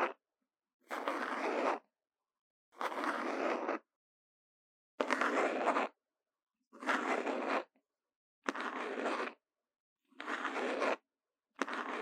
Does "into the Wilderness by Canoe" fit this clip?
no